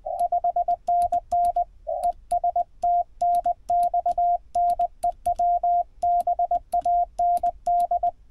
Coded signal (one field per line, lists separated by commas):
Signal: Morse code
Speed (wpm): 19 wpm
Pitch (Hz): 700 Hz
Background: radio noise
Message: 5NN ES TNX NEW BAND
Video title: POTA @ K-8843 PA State Gamelands #145 Feb. 3, 2024